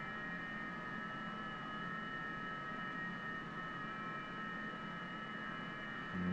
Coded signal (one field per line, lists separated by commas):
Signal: FT8